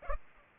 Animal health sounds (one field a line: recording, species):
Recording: mosquito wingbeat signal from an infrared sensor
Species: Culex pipiens